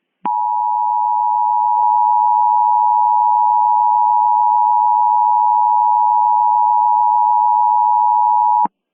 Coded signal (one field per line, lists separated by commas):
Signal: Emergency Alert System (SAME) tones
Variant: 853 and 960 Hz attention tone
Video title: #4 EAS Mock: R-BAT (Halloween 2023)